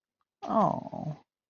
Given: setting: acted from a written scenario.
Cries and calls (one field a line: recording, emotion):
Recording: vocal sound without words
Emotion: sympathy